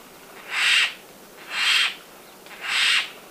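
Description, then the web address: Turquoise jay giving three loud, harsh, rasping calls, each about half a second long and spaced about a second apart, over a quiet background. Recorded in Ecuador, South America. "Natures Songs S America Birds of Ecuador Turquoise Jay"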